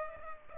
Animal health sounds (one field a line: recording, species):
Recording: mosquito wingbeat signal from an infrared sensor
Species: Culex pipiens